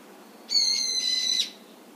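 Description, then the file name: Brown-eared bulbul making a single loud, shrill, grating screech lasting about a second. "hiyo"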